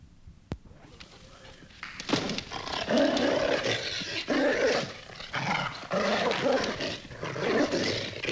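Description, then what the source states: Dog snarling: after a quiet opening with one sharp click, rough, continuous growling and snarling bursts rising and falling in waves. Dog snarling and attacking.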